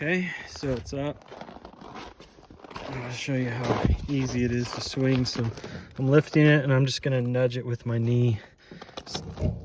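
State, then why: Not seated. Someone talks while lifting a KFI PolyPro plow blade on a Honda Pioneer 700 and nudging it sideways with a knee to swing it to a new angle. Brief scraping and rattling sounds occur around 1.6, 2.6 and 8.9 seconds. The blade's angle lock has not yet popped into the plow mount's angle detent, and nothing has seated yet.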